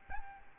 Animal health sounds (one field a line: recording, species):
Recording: mosquito wingbeat signal from an infrared sensor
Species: Aedes albopictus